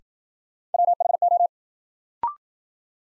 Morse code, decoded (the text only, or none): WHO